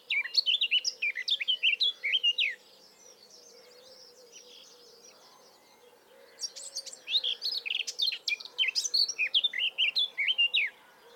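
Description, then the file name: Eurasian blackcap song: two energetic warbled phrases of high, varied notes with a quiet pause of about four seconds between them. "Sylvia atricapilla"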